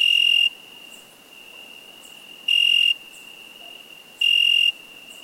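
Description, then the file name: Cricket chirps, shrill buzzing bursts roughly every two seconds, with a thin continuous high tone underneath between them. "Cricket insect"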